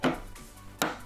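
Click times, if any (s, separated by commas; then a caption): 0.8 s. A graphics card is pushed down into a motherboard's PCIe slot, with its bracket lip sitting over the edge, while music plays underneath. After an earlier knock at 0.0 s, a sharp click at 0.8 s marks the slot's retention latch catching. The card is seated.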